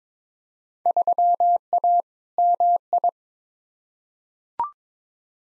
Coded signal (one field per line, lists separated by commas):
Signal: Morse code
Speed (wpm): 22 wpm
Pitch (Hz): 700 Hz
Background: none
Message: 3A MI